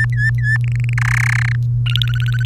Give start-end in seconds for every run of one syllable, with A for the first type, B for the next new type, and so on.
0.00-0.57 A, 0.64-0.94 B, 0.97-1.56 C, 1.86-2.45 D